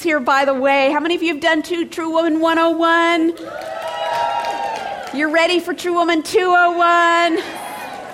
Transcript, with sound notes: By the way, how many of you have done True Woman 101? [cheers and applause] You're ready for True Woman 201?